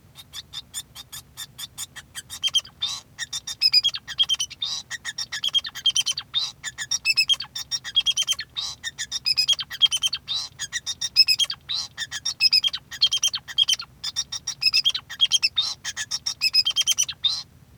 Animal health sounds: song of a male Bengalese finch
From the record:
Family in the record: son of father 2

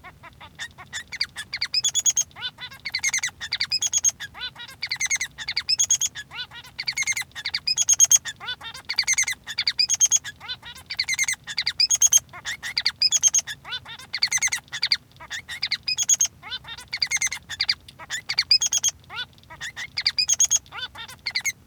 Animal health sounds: song of a male Bengalese finch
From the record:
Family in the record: son of father 3

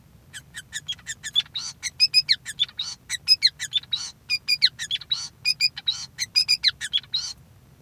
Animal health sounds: song of a male Bengalese finch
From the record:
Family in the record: son of father 5

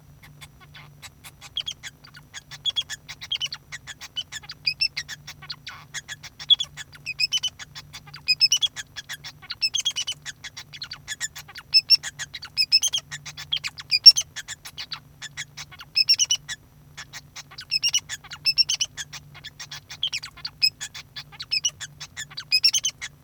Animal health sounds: song of a male Bengalese finch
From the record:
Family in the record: son of father 2

